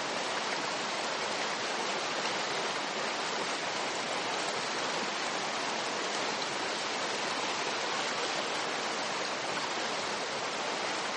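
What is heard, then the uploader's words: Rain falls in a steady, dense hiss that holds the same level for the whole stretch, with no gaps or swells. The sound is bright, a thick wash of countless tiny drops, with little low rumble and nothing else heard beneath it. The soft patter of subtle raindrops. No thunder, no harsh sounds—just the pure, harmonious symphony of rain.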